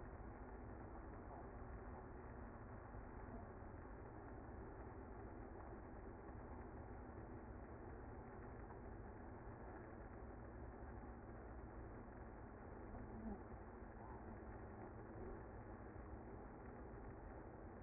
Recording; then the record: honeybee colony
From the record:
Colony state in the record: active